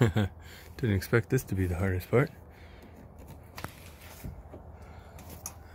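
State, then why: Partly seated. A replacement main circuit breaker is pushed onto the bus stabs of an electrical panel while someone talks at the start. After the talking stops, there are faint handling sounds, sharp taps around 3.6 s, and a clear click at 5.5 s. The breaker is still not fully seated on the bus.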